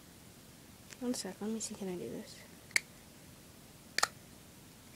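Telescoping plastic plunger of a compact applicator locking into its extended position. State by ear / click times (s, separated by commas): seated / 2.8 s, 4.0 s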